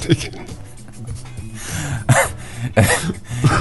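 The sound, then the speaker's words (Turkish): Three harsh, raspy coughs burst out about a second apart, with some throat clearing, over a low murmur of voices in the background. “Evet, ha, öksür çıkar bu çocuğun içindeki cini çıkaracağım, öksür.”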